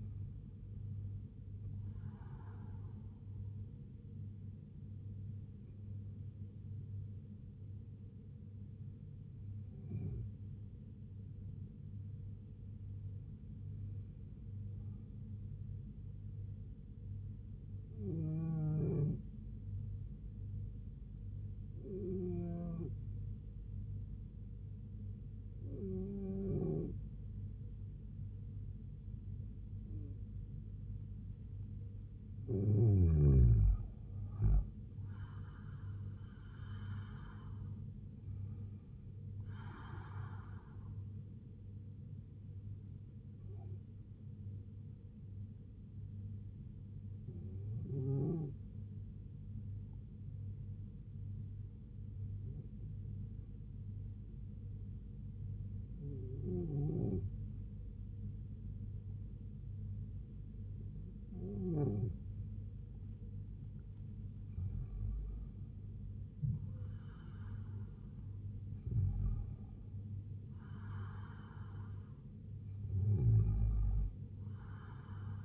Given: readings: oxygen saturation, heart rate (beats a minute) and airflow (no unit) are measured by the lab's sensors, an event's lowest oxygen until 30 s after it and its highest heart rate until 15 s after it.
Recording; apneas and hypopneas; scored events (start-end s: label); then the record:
breathing in sleep by a smartphone at the bedside; 2
4.00-33.20 s: hypopnea (N2, oxygen 95% highest, then 89% lowest, heart rate 72 at the start, 79 highest)
41.00-66.20 s: hypopnea (N2, oxygen 95% highest, then 91% lowest, heart rate 76 at the start, 76 highest)
From the record:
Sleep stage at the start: N2 (light sleep); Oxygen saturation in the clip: 89 to 95%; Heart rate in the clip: 65 to 79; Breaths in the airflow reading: 16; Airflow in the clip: -2.5 to 4.5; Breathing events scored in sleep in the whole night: 158 in 7.3 hours asleep